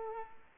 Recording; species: mosquito wingbeat signal from an infrared sensor; Culex pipiens